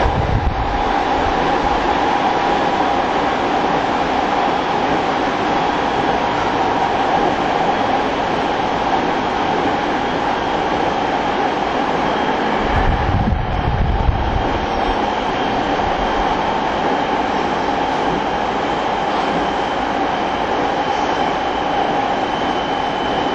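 A Rinkai Line TWR 70-000 train rolls along with a steady, level hum and a constant tone, plus low rumbles near the start and around 13 seconds.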